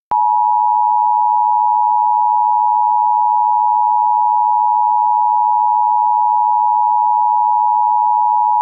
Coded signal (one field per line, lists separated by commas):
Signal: Emergency Alert System (SAME) tones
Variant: 853 and 960 Hz attention tone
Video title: EAS test (verse 2)